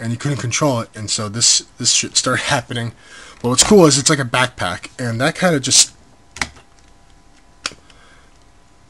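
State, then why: Seated. Someone talks, then a plastic symbiote backpack accessory is pressed into the back socket of a plastic action figure. After a few faint taps, a sharp snap at 7.7 seconds shows it has seated.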